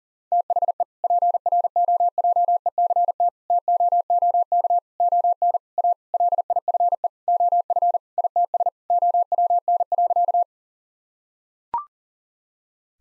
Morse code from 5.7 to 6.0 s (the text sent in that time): A